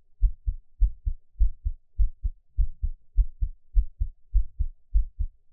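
Normal heart sounds of an adult's own heartbeat, heard through a close microphone.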